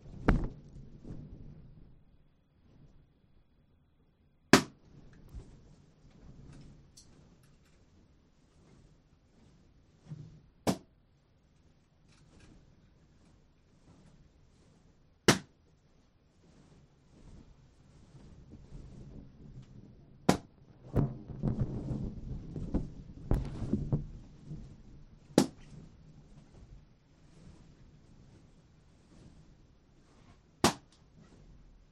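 Sharp, sudden pops go off one at a time, roughly every five seconds, over a low rumbling murmur that grows busier midway.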